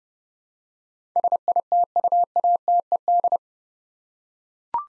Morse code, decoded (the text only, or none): SITUATED